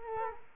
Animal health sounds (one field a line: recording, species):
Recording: mosquito wingbeat signal from an infrared sensor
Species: Culex quinquefasciatus